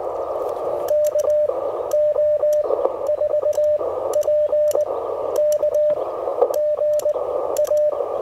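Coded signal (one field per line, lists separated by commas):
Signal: Morse code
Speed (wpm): 19 wpm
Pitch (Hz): 600 Hz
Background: radio noise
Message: KO4PK GA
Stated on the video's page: Morse from a park activation on a Mission RGO One transceiver with end-fed antenna, keyed with a Begali Traveler paddle.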